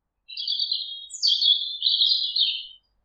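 Bird chirping, a high twittering phrase of rapid notes lasting about two and a half seconds, with one sharp downward-sweeping note near the middle, otherwise silent.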